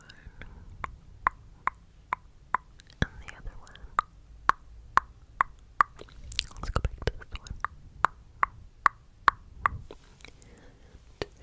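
Tongue clicks pop out at a steady, even pace, roughly two or three per second, each a sharp, bright snap. Soft breathy rustles and faint low murmurs fill the gaps, with a brief louder scrape near the middle.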